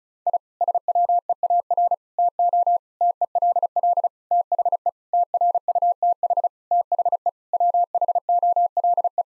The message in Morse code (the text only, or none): I SWEAR TO TELL THE TRUTH THE WHOLE